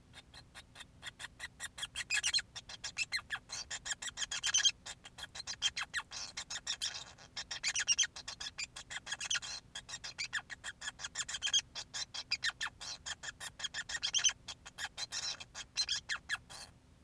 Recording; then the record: song of a male Bengalese finch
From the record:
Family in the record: son of father 5